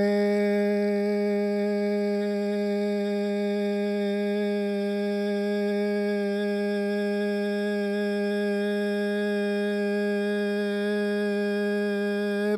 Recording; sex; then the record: sustained vowel /e/; male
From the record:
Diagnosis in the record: Parkinson's disease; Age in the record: 71 years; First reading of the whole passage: 60 s, 8.7 characters per second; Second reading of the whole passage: 57 s, 9.1 characters per second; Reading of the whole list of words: 54 s, 5.3 characters per second